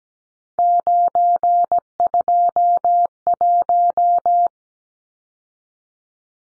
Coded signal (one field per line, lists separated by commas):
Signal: Morse code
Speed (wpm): 17 wpm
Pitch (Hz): 700 Hz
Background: none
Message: 921